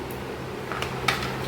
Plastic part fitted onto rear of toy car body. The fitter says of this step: এটা খট করে আওয়াজ হবে।